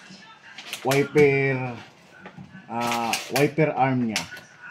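A new wiper blade is handled at the metal wiper arm hook of a Toyota Fortuner, with its plastic lock lifted to fit the arm; nothing has seated or clicked yet. Someone talks throughout, with a brief sharp sound at 0.6 s.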